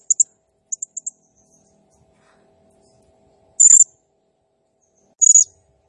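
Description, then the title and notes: Blue-crowned hanging parrot with small high chirps followed by two longer, very high buzzy notes about a second and a half apart. Local name serindit; lively nembak gacor singing; recording used as masteran, a lure and training sound for other birds. "Burung Serindit Nembak Gacor Bikin Emosi Semua Burung. Suara Nasteran Dan Pemikat Burung Serinditan Gacor"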